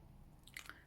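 A plastic cap is handled and pushed toward the body of an acrylic paint marker, making a few short, bright plastic ticks near 0.5, 0.6 and 0.7 seconds over a quiet background. The cap has not seated or clicked on yet when the clip ends.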